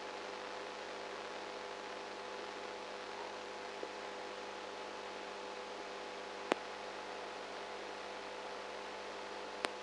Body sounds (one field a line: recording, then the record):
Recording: brain microelectrode recording played as sound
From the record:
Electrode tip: outside the subthalamic nucleus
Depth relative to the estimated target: -10 mm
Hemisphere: right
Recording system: NeuroSet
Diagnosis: Parkinson's disease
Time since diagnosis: 19 years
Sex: female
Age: 58 years